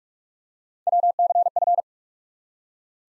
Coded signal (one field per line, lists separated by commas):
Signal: Morse code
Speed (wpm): 42 wpm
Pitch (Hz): 700 Hz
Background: none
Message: WCF